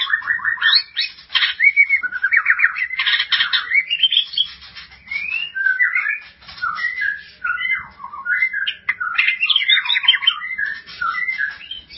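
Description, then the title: White-rumped shama song made of varied chattered trills, whistled slurs and quick repeated notes, flowing almost without break for twelve seconds. "Kicau Murai Batu"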